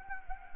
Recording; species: mosquito wingbeat signal from an infrared sensor; Anopheles gambiae